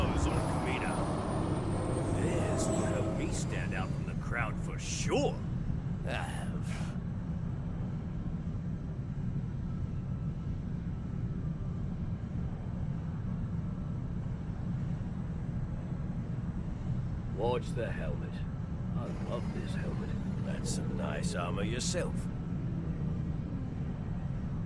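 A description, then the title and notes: A low, steady hum fills a large hangar, with machinery droning beneath everything. Scattered voices chatter in bursts, busiest in the first seven seconds and again around seventeen to twenty-two seconds, with a few bright clanks and mechanical chirps among them. Clone Hangar with Clone Chatter | Clone Wars Ambience.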